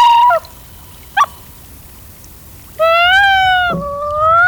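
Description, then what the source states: Common Loon yodel: a loud call ends at the start and a short note follows, then after a pause a rising, strongly harmonic cry begins and continues to the end. Louder, faster-paced yodel conveying a lot of urgency.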